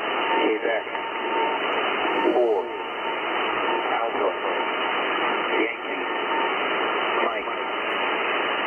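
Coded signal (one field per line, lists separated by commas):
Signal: coded military voice message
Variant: USAF EAM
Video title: USAF Global EAM- Emergency Action Message. 8992 KHZ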